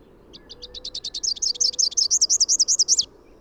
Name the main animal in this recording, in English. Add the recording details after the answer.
Rufous-capped Warbler. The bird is a male. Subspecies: rufifrons. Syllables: 26. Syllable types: 7. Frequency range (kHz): 2.9-8.2 kHz. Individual YA-GYS-M